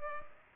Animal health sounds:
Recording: mosquito wingbeat signal from an infrared sensor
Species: Culex pipiens

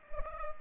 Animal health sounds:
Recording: mosquito wingbeat signal from an infrared sensor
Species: Culex pipiens

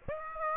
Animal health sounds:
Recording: mosquito wingbeat signal from an infrared sensor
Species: Aedes aegypti

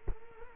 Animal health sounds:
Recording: mosquito wingbeat signal from an infrared sensor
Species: Culex quinquefasciatus

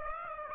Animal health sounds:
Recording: mosquito wingbeat signal from an infrared sensor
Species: Aedes aegypti

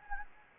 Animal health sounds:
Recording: mosquito wingbeat signal from an infrared sensor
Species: Anopheles gambiae

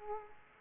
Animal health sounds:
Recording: mosquito wingbeat signal from an infrared sensor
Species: Culex quinquefasciatus

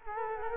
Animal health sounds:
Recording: mosquito wingbeat signal from an infrared sensor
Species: Culex quinquefasciatus

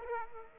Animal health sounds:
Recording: mosquito wingbeat signal from an infrared sensor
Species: Aedes aegypti

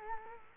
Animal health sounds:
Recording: mosquito wingbeat signal from an infrared sensor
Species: Culex quinquefasciatus

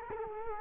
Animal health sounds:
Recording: mosquito wingbeat signal from an infrared sensor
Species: Culex quinquefasciatus

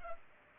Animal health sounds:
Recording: mosquito wingbeat signal from an infrared sensor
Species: Culex pipiens

